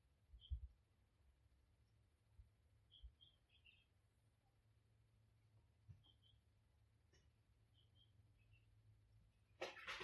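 Birds call in a garden, giving short, high chirps in small clusters around 0.5, 3–3.5, 6 and 8 seconds. A low rumble runs underneath, with a few dull low thumps early on, and a sudden bright noisy burst begins near the end.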